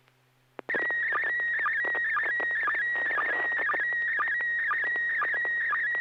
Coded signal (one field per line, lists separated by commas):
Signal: SSTV (slow-scan television)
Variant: PD 120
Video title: N6NA SSTV Net - 03/04/2026